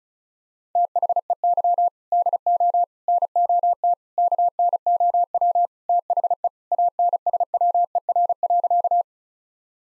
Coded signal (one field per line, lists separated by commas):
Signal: Morse code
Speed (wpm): 36 wpm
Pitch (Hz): 700 Hz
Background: none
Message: THEY DO NOT KNOW THE ANSWER.